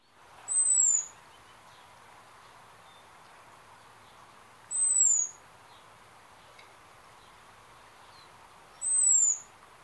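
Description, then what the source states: American Robin seet calls: a thin, very high, slightly falling whistle given three times, about four seconds apart, over a soft background hiss. Seet call, which a guest thinks is used specifically when a hawk is flying overhead, signalling danger from above.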